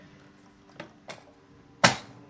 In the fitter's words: snaps in place really well a little